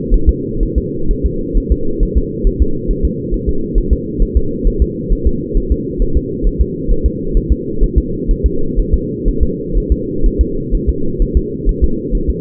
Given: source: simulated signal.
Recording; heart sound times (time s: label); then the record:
fetal heart sounds
0.14 s: S1
0.29 s: S2
0.63 s: S1
0.78 s: S2
1.11 s: S1
1.26 s: S2
1.58 s: S1
1.72 s: S2
2.03 s: S1
2.18 s: S2
2.47 s: S1
2.62 s: S2
2.91 s: S1
3.05 s: S2
3.34 s: S1
3.49 s: S2
3.78 s: S1
3.93 s: S2
4.22 s: S1
4.37 s: S2
4.67 s: S1
4.82 s: S2
5.12 s: S1
5.27 s: S2
5.57 s: S1
5.72 s: S2
6.02 s: S1
6.17 s: S2
6.47 s: S1
6.61 s: S2
6.91 s: S1
7.06 s: S2
7.37 s: S1
7.52 s: S2
7.84 s: S1
7.98 s: S2
8.31 s: S1
8.46 s: S2
8.79 s: S1
8.94 s: S2
9.28 s: S1
9.43 s: S2
9.77 s: S1
9.92 s: S2
10.26 s: S1
10.41 s: S2
10.75 s: S1
10.89 s: S2
11.22 s: S1
11.37 s: S2
11.69 s: S1
11.84 s: S2
12.15 s: S1
12.30 s: S2
From the record:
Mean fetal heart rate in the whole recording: 130 bpm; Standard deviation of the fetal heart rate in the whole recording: 4 bpm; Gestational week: 38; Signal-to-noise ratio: -8.1 dB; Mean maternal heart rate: 72 bpm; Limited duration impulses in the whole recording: absent